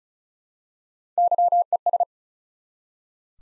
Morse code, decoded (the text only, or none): YES